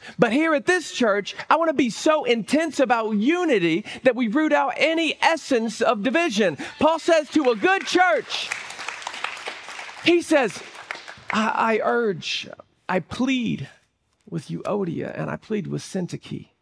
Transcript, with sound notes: But here at this church, I want to be so intense about unity that we root out any essence of division. Paul says to a good church, [applause] he says, "I I urge I plead with Yuodia and I plead with Cinti.